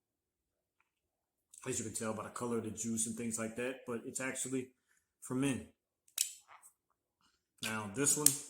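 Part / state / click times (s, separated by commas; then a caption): cap on a perfume bottle / seated / 6.1 s, 6.2 s. A cap is pressed onto a perfume bottle and clicks into place really tight, with two sharp clicks at 6.1 and 6.2 seconds. Someone talks before and after the clicks.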